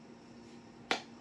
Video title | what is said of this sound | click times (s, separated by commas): HOW TO USE THE RAPID COVID HOME TEST - HOW TO GET THE FREE RAPID TEST HOME KIT | oh okay it snaps into place there we go | 0.9 s